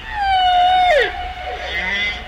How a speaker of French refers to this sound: Non, mais ça, par contre, on est sûr que c'est une baleine à bosse.